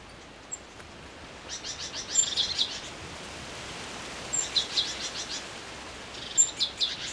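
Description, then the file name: Great tit uttering soft churring, buzzy call series in three separate bursts, with faint high whistles and a steady hiss of background noise. "Parus major"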